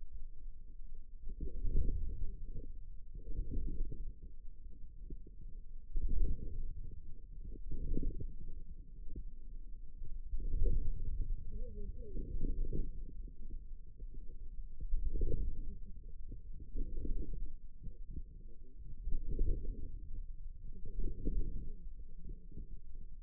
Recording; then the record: forearm muscle sounds (acoustic myography)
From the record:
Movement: inward rotation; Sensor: system 2, bracelet of six BSWA MPA416 microphones around the upper forearm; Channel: 4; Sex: female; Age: 21 years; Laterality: right